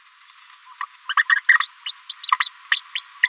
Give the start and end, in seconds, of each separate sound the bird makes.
0.81-0.83, 1.09-1.13, 1.29-1.35, 1.49-1.58, 1.86-1.92, 2.09-2.14, 2.23-2.30, 2.40-2.48, 2.71-2.81, 2.95-3.02, 3.23-3.28